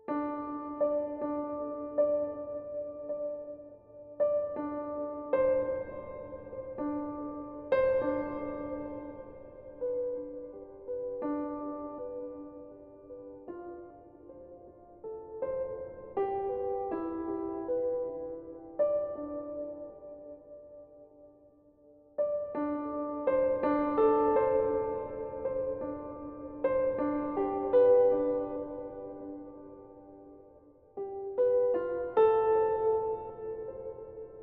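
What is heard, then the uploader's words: A short piano phrase repeats with small changes, the notes sitting in the middle register with bright overtones above. Chords strike every couple of seconds and ring out slowly; a brief near-silence falls around twenty-one seconds before the phrase returns. Short, repeated piano phrase with subtle variation.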